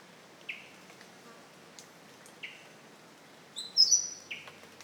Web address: Mistletoebird. صدای-پرنده-مرغ-دارواش